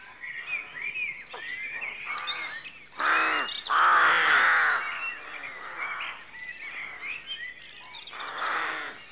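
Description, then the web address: Rooks calling, a dense chorus of overlapping hoarse caws with two louder ones in the middle, mixed with chirping small birds. Rookery at dawn, rural exterior atmosphere background. "BBC Sound Effects Library BBC 52-Exterior Atmospheres-Rural Backg 04 Rookery Dawn"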